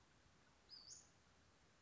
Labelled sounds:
Western Flycatcher (Empidonax difficilis)
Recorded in Sonoma County, California

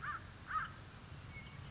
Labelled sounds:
American Crow (Corvus brachyrhynchos)
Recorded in Sonoma County, California

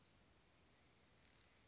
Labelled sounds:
Western Flycatcher (Empidonax difficilis)
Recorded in Sonoma County, California

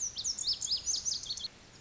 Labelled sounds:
Lazuli Bunting (Passerina amoena)
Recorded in Sonoma County, California

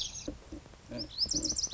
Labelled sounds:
Lazuli Bunting (Passerina amoena)
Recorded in Sonoma County, California

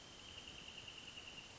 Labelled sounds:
Wrentit (Chamaea fasciata)
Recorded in Sonoma County, California

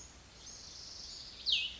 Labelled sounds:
Cassin's Vireo (Vireo cassinii)
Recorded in Sonoma County, California

